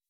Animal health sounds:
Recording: hydrophone in a shrimp aquaculture tank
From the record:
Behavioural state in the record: weakened

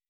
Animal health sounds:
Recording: hydrophone in a shrimp aquaculture tank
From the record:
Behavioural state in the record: weakened

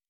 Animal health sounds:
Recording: hydrophone in a shrimp aquaculture tank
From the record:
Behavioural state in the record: normal

